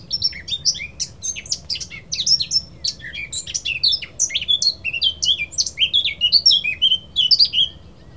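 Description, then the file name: Eurasian blackcap delivering rapid, varied warbling, bright upward and downward slurred notes tumbling together without pause over a faint low hum. "Sylvia atricapilla"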